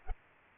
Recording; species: mosquito wingbeat signal from an infrared sensor; Culex pipiens